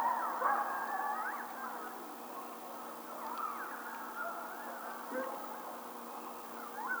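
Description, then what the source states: Coyotes giving wavering howls and short yips over a steady background hum, the calls quavering up and down throughout. Howling, recorded on 16 March 2007.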